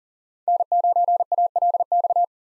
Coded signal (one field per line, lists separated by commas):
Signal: Morse code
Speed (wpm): 40 wpm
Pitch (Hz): 700 Hz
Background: none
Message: N9ALX